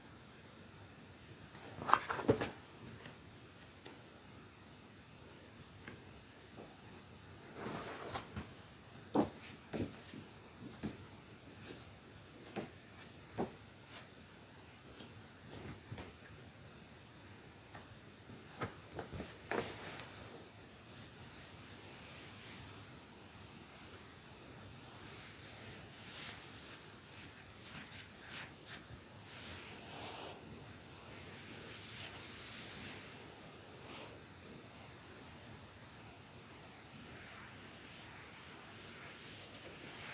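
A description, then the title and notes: Quiet work on card: soft rubbing and tracing strokes fill much of the clip, broken by sharp clicks and snips, clustered near the start and around nine and twenty seconds. The second half settles into steadier, swirling scratchy movement. Soft Tracing and Staccato Cutting. A soundscape of contrasts through the valleys of soft, swirly tracing to the pinnacles of sharp cuts of card.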